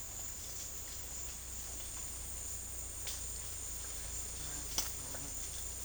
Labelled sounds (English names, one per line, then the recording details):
none
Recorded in dense forest near Puerto Asís, Putumayo, Colombia, on 23 June 2025 at 12:00
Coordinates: 0.481, -76.323
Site G072